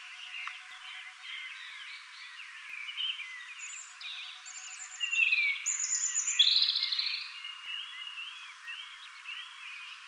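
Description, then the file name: European robin singing a thin, high, varied warble of trills, slurred whistles and rapid twittering phrases, growing louder and brighter midway through. "Erithacus rubecula"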